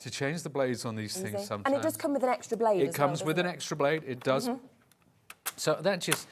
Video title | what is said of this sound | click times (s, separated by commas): 05/03/24 - HUNKYDORY, SIZZIX, HONEY DOO CRAFTS, CREATIVE EXPRESSIONS | so that just snaps back into place | 5.3 s